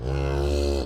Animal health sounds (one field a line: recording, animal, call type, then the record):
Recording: contact call of a hoofed animal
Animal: cattle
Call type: low-frequency (closed-mouth) or high-frequency (open-mouth) call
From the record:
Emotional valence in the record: negative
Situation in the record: full separation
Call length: 0.85 s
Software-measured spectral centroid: 2230 Hz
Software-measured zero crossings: 850 a second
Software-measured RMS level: -24 dBFS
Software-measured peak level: -13 dBFS